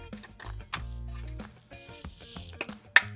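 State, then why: Seated. A plastic hockey goal is pressed onto the rink base of an Atlantis Snoopy Ice Hockey Game model kit, a reproduction of the Peanuts Mattel kit, after its stickers have been applied. Over a steady tonal background with lighter taps at 0.7 s and 2.6 s, a loud, sharp snap at 3.0 s marks the goal seating into place.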